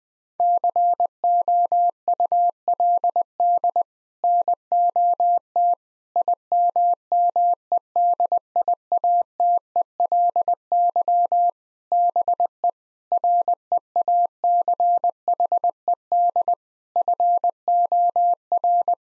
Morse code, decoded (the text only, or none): COULD NOT IMMEDIATELY BE REACHED FOR